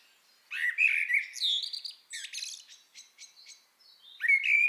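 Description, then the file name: Eurasian blackbird song: fluted whistled phrases around mid pitch followed by high scratchy twittering notes, then a new phrase begins. "Turdus merula"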